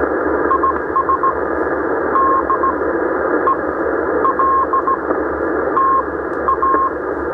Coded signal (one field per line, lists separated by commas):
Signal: Morse code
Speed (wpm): 16 wpm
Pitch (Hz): 1070 Hz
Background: none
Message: IS DELTA